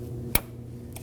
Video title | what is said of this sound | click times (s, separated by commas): How to Replace High Pressure Fuel Pump 2016-2020 Kia Sorento 2.4L L4 | And after you hear a click, give it a slight tug | 0.4 s